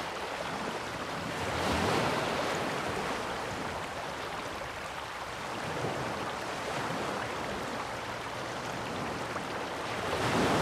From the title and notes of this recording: Waves and water soundscape, Music for Sleep.